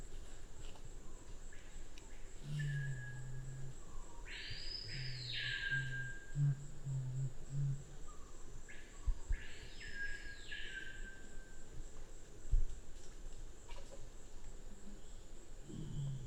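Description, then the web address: Black curassow: low booming hums in broken series, with two loud arched calls from another bird and a steady high tone. "sound Black-curassow. صدای-پرنده-کاکل-فری-سیاه"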